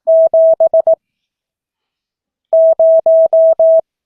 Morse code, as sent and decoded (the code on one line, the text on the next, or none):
--... / -----
7 0